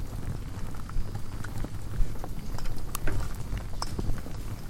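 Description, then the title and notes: Insects swarming a lightbulb: dense, irregular ticks and taps over a steady low hum. Hundreds of insects frantically congregating at night around a lone porch bulb, wildlife ranch in Mmabolela savannah, South Africa, November 2016; mix of six mics including miniature omnis; Zoom F8 recorder. "One Lightbulb. Hundreds of bugs are frantically congregating around the sole light source present at night, a bulb hanging on the porch of a wildlife ranch in South Africa. Angélica Castelló"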